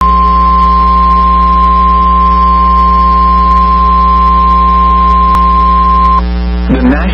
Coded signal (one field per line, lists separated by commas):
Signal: Emergency Alert System (SAME) tones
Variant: 1050 Hz attention tone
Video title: Severe Thunderstorm Warning (EAS #451)